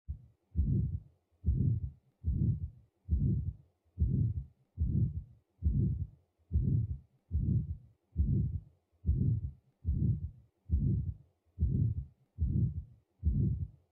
Aortic stenosis.